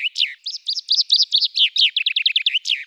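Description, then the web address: Common chaffinch singing a bright, fast series of repeated downslurred chirps that quicken toward the end, with a sharper flourish-like note closing the phrase. "Fringilla coelebs"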